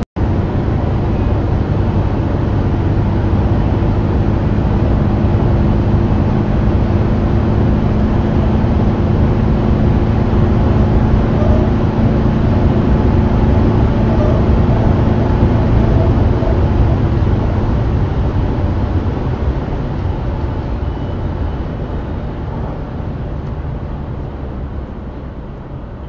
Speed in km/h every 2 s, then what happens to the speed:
179, 183, 182, 188, 194, 196, 201, 203, 206, 207, 187, 170, 152.
0-19 speeds up to 207. 19-26 brakes to 152.